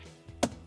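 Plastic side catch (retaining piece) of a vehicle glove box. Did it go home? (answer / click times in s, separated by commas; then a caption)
released / 0.4 s. A small plastic side catch on the glove box of a 2018-2021 Jeep JL or Gladiator is pulled toward the person to release it during a K&N cabin air filter install. Over a faint low hum, a sharp click sounds at 0.4 s as the catch pops out and is released.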